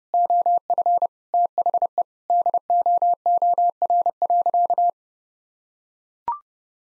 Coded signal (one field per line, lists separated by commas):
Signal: Morse code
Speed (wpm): 32 wpm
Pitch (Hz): 700 Hz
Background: none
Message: OF THE DOOR.